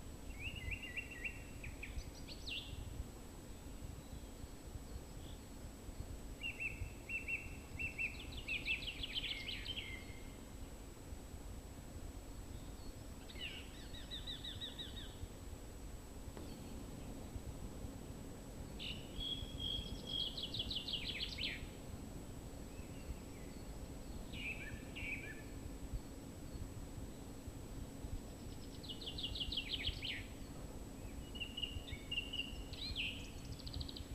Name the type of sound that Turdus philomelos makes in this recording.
song